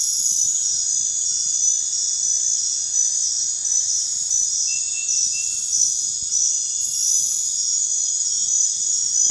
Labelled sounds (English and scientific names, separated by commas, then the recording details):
none
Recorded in dense forest near Puerto Asís, Putumayo, Colombia, on 16 December 2024 at 22:30
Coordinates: 0.468, -76.322
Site G071